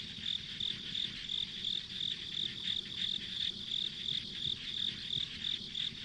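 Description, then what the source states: Insect: evenly spaced high chirps, roughly three each second, with a constant shrill hum underneath and soft low noise. Ambient insect sounds on a rural country road.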